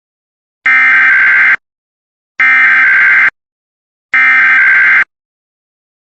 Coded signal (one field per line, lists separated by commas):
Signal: Emergency Alert System (SAME) tones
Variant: header bursts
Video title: A bunch of EAS tests